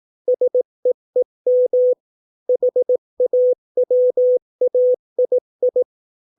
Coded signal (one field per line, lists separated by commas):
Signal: Morse code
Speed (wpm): 18 wpm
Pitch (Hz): 500 Hz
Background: none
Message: SEEM HAWAII